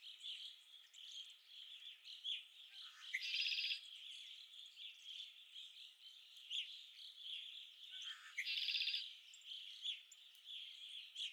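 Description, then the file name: Red-winged blackbird calls: two loud, rasping trills several seconds apart rise above a busy, unbroken chorus of chipping birds. Recorded at Okalees on 5 May 2021. "2021-05-05 RWBL 26 Okalees"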